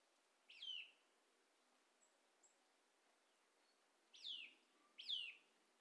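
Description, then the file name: Eurasian nuthatch calls, three loud descending notes, one alone and then a close pair, over quiet background. "Sitta europaea"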